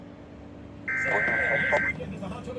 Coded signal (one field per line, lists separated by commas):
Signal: Emergency Alert System (SAME) tones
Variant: header bursts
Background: speech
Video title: MY FIRST FLASH FLOOD EMERGENCY EAS Alerts From 7/19/25 (EAS #146-153)